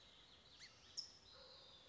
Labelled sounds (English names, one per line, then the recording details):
California Towhee
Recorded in Sonoma County, California